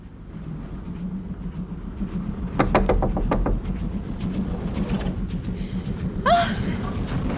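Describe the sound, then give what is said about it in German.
A quick burst of about six sharp knocks on a friend's compartment door aboard a train carriage, rapped over the steady low rumble of the moving train, followed later by a brief rising sound. “Ich ging zurück und klopfte an die Tür meiner Freundin.”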